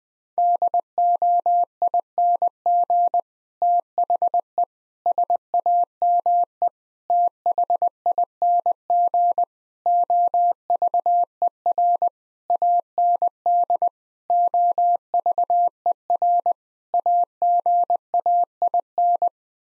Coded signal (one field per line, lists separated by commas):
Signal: Morse code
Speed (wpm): 20 wpm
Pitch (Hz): 700 Hz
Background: none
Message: DOING THE SAME THING OVER AND OVER AGAIN